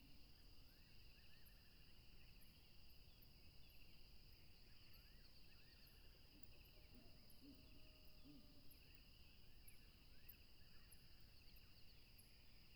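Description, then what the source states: Continuous cricket trilling at two steady pitches, with repeated faint high chirps, some rising swoops and a brief soft low call near the middle. Crickets recorded at a tropical river.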